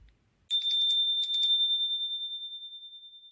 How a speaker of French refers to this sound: Le carillon retentit de nouveau. Ding dong.